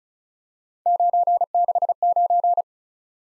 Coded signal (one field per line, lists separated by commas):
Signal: Morse code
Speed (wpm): 36 wpm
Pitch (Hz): 700 Hz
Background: none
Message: 969